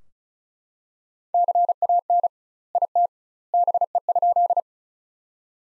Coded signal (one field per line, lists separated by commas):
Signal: Morse code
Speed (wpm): 34 wpm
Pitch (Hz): 700 Hz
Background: none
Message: CAN IT BE?